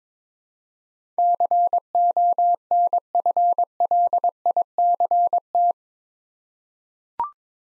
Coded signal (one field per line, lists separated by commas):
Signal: Morse code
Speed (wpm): 22 wpm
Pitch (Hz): 700 Hz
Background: none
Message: CONFLICT